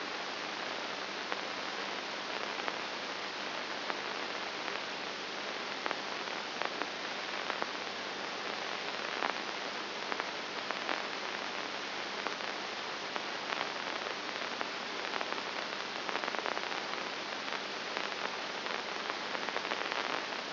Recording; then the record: brain microelectrode recording played as sound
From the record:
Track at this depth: inside the subthalamic nucleus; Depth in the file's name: 1.102 mm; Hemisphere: right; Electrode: 2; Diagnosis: Parkinson's disease